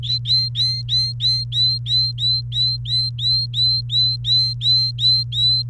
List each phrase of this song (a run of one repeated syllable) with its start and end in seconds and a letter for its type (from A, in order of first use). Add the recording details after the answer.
0.03-5.62 A. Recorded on 29 April 2018 at 15:03. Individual llb3